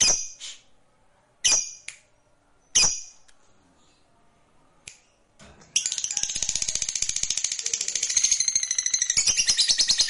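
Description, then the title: Lovebird gives several sharp shrill chirps, then launches into a loud, continuous, rapid buzzing trill that runs unbroken for over four seconds. Fighter lovebird performing a long ngekek trill. "Begitu Dengar Suara Lovebird FIGHTER NGEKEK PANJANG"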